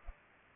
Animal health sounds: mosquito wingbeat signal from an infrared sensor; Culex pipiens

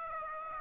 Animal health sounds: mosquito wingbeat signal from an infrared sensor; Aedes aegypti

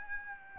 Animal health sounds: mosquito wingbeat signal from an infrared sensor; Aedes aegypti

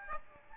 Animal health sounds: mosquito wingbeat signal from an infrared sensor; Aedes albopictus

